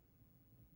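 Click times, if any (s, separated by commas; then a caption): none. A metal jump ring holding a toggle bar and crimp cover is being closed with pliers by pushing the hands together. Only a quiet, steady low-frequency rumble with faint broadband hiss is heard, with no sharp transients. The ring ends have not clicked closed yet, so nothing has seated.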